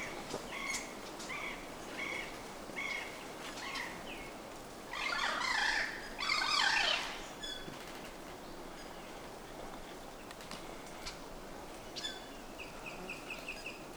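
Bird calls: short harmonic notes repeated in quick series, then a loud, rich chattering burst for about two seconds, followed by scattered notes and a brief rapid trill near the end.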